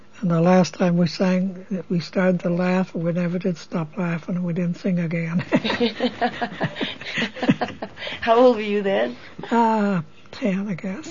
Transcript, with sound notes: And then the last time we sang, we started to laugh and we never did stop laughing. We didn't sing again. (both laugh)
How old were you then?
Ahh... ten I guess.